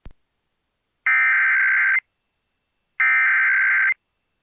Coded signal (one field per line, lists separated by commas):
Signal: Emergency Alert System (SAME) tones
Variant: header bursts